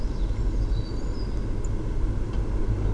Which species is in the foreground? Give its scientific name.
Turdus philomelos